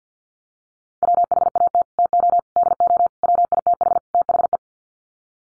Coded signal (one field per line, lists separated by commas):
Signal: Morse code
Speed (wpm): 50 wpm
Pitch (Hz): 700 Hz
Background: none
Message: WHAT TO DO WITH THE